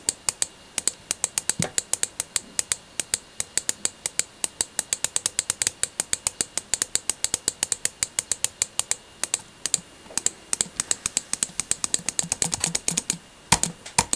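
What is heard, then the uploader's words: Rapid, forceful mouse clicking fills the whole stretch, sharp bright snaps coming several times a second in uneven bursts with only brief pauses, one around the ten-second mark. Aggressive mouse clicking.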